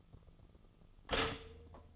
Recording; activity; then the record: daily activity, microphone in the room; stop toaster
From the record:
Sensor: 4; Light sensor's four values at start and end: 23/68/27/27 and 23/68/27/27